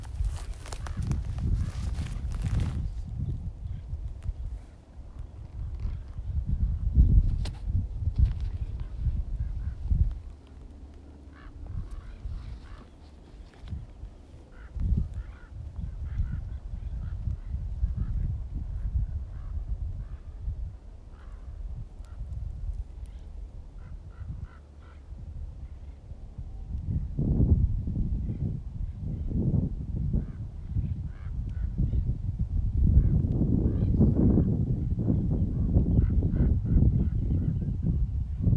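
Wind rumbles low and heavy through the whole recording, surging strongly at the start, around 27 seconds and again from 33 seconds on. Over it come scattered harsh, honking bird calls, likely crows cawing, at irregular intervals.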